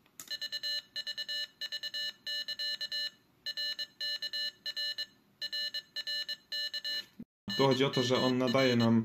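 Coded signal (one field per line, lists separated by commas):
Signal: Morse code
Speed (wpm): 22 wpm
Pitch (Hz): 2950 Hz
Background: speech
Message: VVV<KA> RKR RRK NMR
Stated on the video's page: Morse from a Morserino device, a CW learning tool, shown working with a Morserino server.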